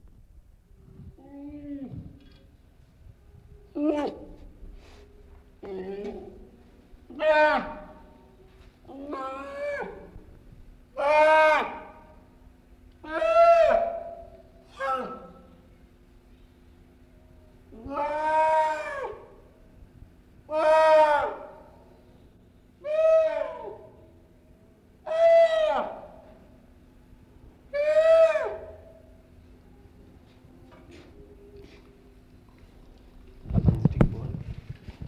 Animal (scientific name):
Ursus maritimus